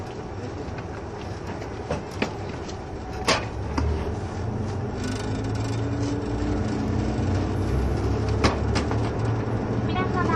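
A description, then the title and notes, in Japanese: Running sound of the KiHa 71 series Yufuin no Mori diesel train: a steady, dense low rumble with a droning engine tone that rises and shifts through the middle. Sharp clacks of wheels over rail joints punctuate it near 2, 3.5 and 8.5 seconds. キハ71系 ゆふいんの森03号02 日田～由布院。走行音(音の旅)。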